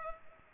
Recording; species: mosquito wingbeat signal from an infrared sensor; Culex pipiens